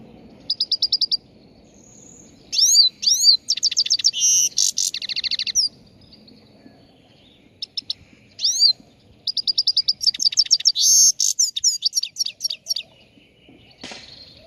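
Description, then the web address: Chegolín song phrases: a short high chirp series, then rapid trills and scratchy buzzes; the pattern repeats after a pause, with faint low background rumble. Morning song, recorded on the roof of a house. "el canto matutino del chegolin en el tejado de casa"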